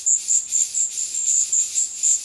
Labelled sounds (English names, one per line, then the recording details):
none
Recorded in dense forest near Puerto Asís, Putumayo, Colombia, on 18 February 2024 at 17:00
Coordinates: 0.505, -76.324
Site G6467